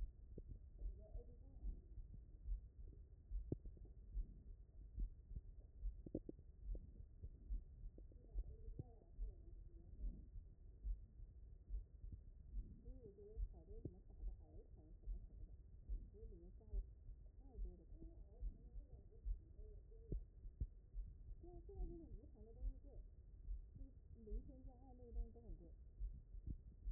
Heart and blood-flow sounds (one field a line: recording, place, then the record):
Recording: heart sounds by stethoscope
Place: mitral valve (MV)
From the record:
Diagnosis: HFrEF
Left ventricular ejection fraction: 33%